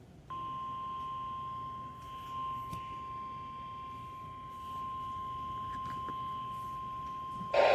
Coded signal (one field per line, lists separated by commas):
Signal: Emergency Alert System (SAME) tones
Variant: 1050 Hz attention tone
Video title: Required Weekly Tests (EAS #30-31)